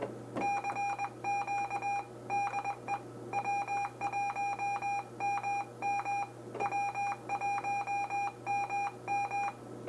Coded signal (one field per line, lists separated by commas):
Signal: Morse code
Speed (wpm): 20 wpm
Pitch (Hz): 810 Hz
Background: none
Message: CQ DE W1MM W1MM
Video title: #500 Introducing the SDR Guardian antenna sharing station controller